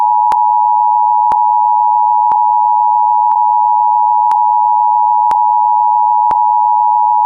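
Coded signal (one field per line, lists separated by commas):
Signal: Emergency Alert System (SAME) tones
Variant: 853 and 960 Hz attention tone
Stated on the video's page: Comic-relief parody of an angry EAS alert.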